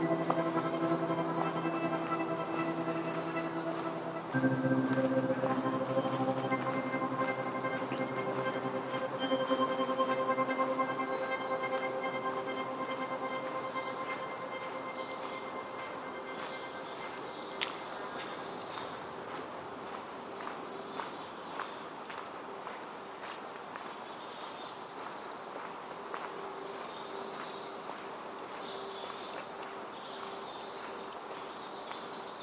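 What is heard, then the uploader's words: Outdoor ambience in the Upper Macleay section of Forest Park, Portland, Oregon: a steady low droning hum with held tones runs throughout, swelling slightly around four seconds and then easing. Short bright bird chirps recur through the clip, becoming busier in the second half. Upper Macleay section of Forest Park, Portland, Oregon.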